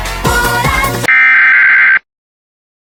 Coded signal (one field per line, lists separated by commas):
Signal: Emergency Alert System (SAME) tones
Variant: header bursts